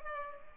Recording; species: mosquito wingbeat signal from an infrared sensor; Culex pipiens